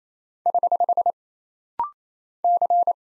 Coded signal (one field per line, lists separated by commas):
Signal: Morse code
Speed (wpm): 27 wpm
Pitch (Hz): 700 Hz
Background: none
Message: <HH> C